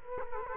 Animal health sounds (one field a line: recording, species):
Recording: mosquito wingbeat signal from an infrared sensor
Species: Culex quinquefasciatus